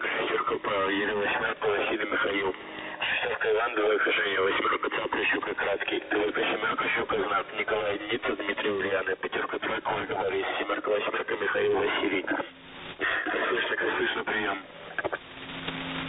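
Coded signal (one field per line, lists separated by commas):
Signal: coded military voice message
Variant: The Pip, Russian voice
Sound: a voice speaking continuously over a narrow, band-limited shortwave radio channel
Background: radio static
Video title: The Pip | 18th August 2023 | "Dlya" Voice Message 2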